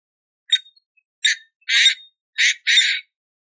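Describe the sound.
Painted francolin calls, harsh rasping notes, a short pair followed by longer grating bursts, five in all over three seconds.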